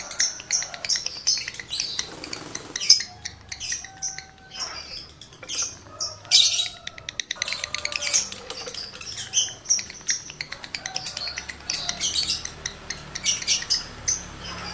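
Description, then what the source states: Lovebird chatter: dense, fast, high-pitched squeaks and ticks in long bursts with brief pauses, and occasional thin whistles. Male lovebird in breeding condition; recording used as a lure to stimulate other lovebirds to sing energetically.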